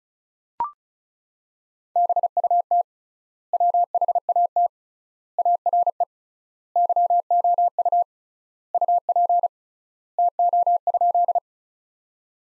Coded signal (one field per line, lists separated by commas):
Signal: Morse code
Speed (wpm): 35 wpm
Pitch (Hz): 700 Hz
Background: none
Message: BUT WHAT ARE YOU UP TO?